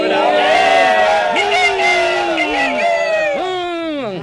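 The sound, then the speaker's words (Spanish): A crowd boos loudly and steadily, many voices overlapping in long sustained jeers with rising and falling pitch, continuing for several seconds without letting up. “Señor presidente, me refiero a esos abucheos que acaban de sonar.”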